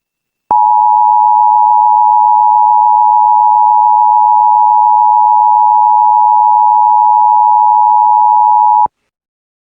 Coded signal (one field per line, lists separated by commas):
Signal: Emergency Alert System (SAME) tones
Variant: 853 and 960 Hz attention tone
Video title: Nature's Revenge - An EAS Scenario